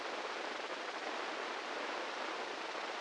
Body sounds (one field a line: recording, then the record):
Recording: brain microelectrode recording played as sound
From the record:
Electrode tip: inside the subthalamic nucleus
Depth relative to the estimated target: -3 mm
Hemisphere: right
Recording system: NeuroSet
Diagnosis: Parkinson's disease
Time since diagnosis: 8 years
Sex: male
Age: 58 years